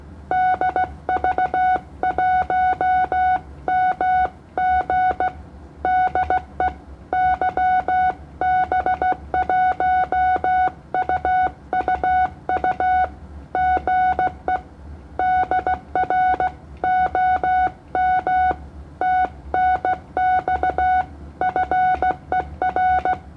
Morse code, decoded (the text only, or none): DV1MG DE YB1UUU GE DR OM TNX FER